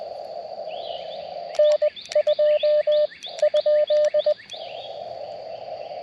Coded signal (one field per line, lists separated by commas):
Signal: Morse code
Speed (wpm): 18 wpm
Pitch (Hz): 590 Hz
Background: none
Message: N2 ?